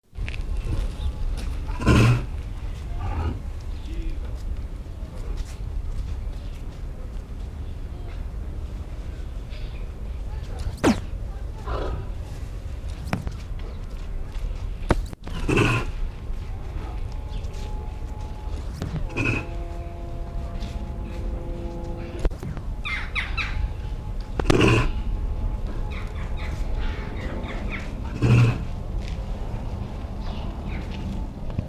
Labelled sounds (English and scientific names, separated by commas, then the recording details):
Tiger (Panthera tigris) snorting
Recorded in captivity
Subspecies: altaica
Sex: male
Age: adult
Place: Tierpark Berlin, Berlin, DE
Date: 1974-01-26 11:30
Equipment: Uher 4200 Report Monitor, Verst., Sennheiser MD 421
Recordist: Tembrock, Günter
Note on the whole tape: Sibirischer Tiger. Prusten, durch Beobachter ausgelöst. Aufnahmezeit: 9.00-12.00 Uhr